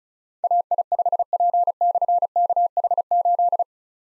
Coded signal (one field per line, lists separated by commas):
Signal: Morse code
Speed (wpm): 36 wpm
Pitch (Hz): 700 Hz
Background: none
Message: AI5P/KH8